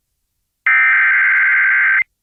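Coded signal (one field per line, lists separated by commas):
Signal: Emergency Alert System (SAME) tones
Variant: header bursts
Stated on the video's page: Personally captured emergency alerts, including an erroneous alert from a radio station.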